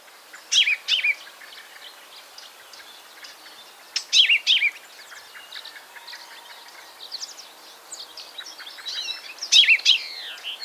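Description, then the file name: Common chaffinch giving three short, loud bursts of sharp, downward-sweeping notes spaced several seconds apart, over a chorus of other chirping birds. "Fringilla coelebs"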